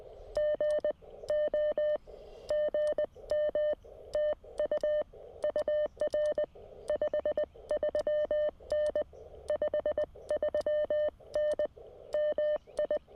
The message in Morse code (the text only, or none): GO GM TU UR 53N 53N MI